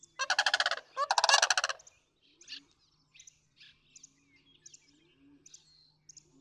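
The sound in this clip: Sandhill crane calling twice in quick succession with loud rolling rattles, followed by scattered short chirps over a faint low hum.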